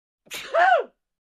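A single adult sneeze: a short noisy intake followed by a loud, voiced burst with an arching pitch that fades within about half a second. An ordinary sneeze with no background noise.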